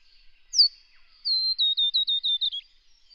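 Scarlet honeyeater singing one phrase: a bright high downslurred note, then about eight quick tinkling notes running slightly downward in an even rhythm.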